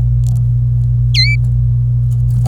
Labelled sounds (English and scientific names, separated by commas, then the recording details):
Domestic Canary (Serinus canaria) song
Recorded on 26 April 2018 at 10:43
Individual llb3